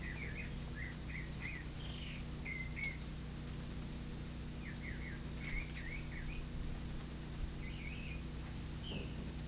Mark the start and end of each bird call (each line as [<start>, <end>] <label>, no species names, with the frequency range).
[0.01, 2.94] bird call (1.3-3.0 kHz)
[4.62, 6.46] bird call (1.4-3.2 kHz)
[7.60, 8.26] bird call (1.6-3.1 kHz)
[8.82, 9.23] bird call (2.0-3.3 kHz)